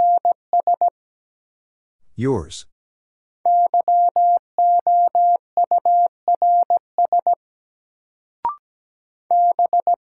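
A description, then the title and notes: Morse code beeps out as a steady mid-pitched tone, keyed in short bursts and groups with brief gaps between them, running through most of the ten seconds. Around two seconds a short rising, sweeping noise cuts in, and a faint click sounds near eight and a half seconds. First, the word is sent in Morse code.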